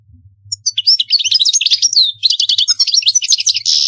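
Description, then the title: European goldfinch pouring out a quick medley of liquid twitters and slurred whistles, finishing with a harsh buzzy note. "Chant Chardonneret"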